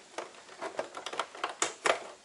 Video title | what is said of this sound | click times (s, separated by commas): CQB GPMG part 8 | just locks into place and it's nice and solid | 1.6 s